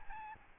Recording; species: mosquito wingbeat signal from an infrared sensor; Aedes albopictus